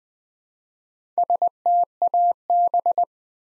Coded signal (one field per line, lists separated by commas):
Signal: Morse code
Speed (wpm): 20 wpm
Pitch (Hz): 700 Hz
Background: none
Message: STAB